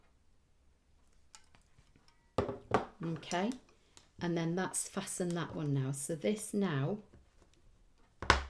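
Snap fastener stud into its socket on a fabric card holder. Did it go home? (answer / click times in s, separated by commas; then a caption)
yes / 8.2 s, 8.3 s. Someone talks while handling a fabric store card holder, then pushes the two halves of its press-stud snap fastener together by hand. Sharp snap clicks at 8.2 and 8.3 seconds show the stud seating into its socket and the fastener closing.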